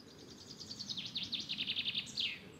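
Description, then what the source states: Common chaffinch singing a fairly faint, fast, descending trill of repeated notes that ends in a brief flourish, over soft background hiss. Wild bird heard in the background during a forest walk in fairly dry conditions; described as a special song, the fine-weather call.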